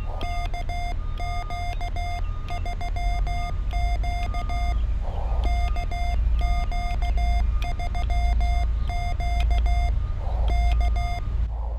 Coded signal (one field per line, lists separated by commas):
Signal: Morse code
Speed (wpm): 16 wpm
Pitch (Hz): 700 Hz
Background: none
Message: KQ3Q KQ3Q K